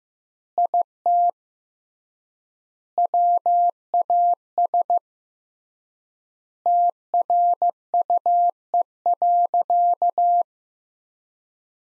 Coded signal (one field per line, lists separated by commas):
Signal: Morse code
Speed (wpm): 15 wpm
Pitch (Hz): 700 Hz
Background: none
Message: IT WAS TRUE.